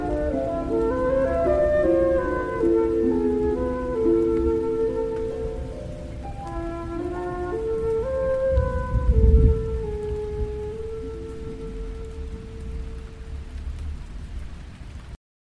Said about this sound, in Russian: За шумом ветра и моря и за раскатами грома трудно было расслышать.